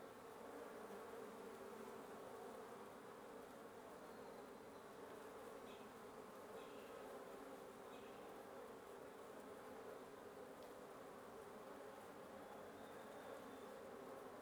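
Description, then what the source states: Wasps buzzing in a constant drone, with a few faint high sounds partway through. Wasp nest under the roof of the recordist's residence at 1a Avenida Norte 19, Antigua Guatemala, Guatemala; recorded in the morning.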